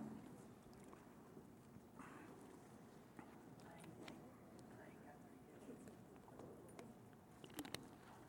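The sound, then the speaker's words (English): Many Bible pages flip and rustle at once as an audience turns to Numbers 21, a steady papery crackle with scattered sharper flicks and a couple of crisp snaps near the end, over a faint murmur of voices. “I'll wait till I hear the pages stop flipping.”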